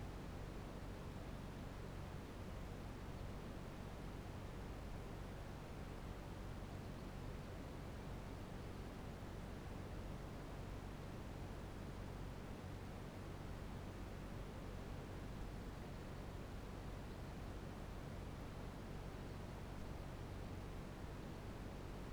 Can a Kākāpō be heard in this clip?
no